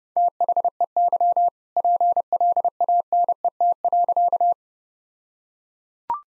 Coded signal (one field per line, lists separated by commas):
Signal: Morse code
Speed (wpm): 28 wpm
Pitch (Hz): 700 Hz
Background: none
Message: THEY PLANET.